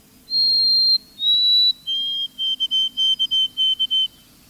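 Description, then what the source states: White-throated Sparrow whistled song: a long clear note, a slightly lower one, then a lower note and a run of short repeated whistles on one pitch. Its whistle called melancholy and hauntingly beautiful; birders remember the tune as Old Sam Peabody, Peabody, Peabody.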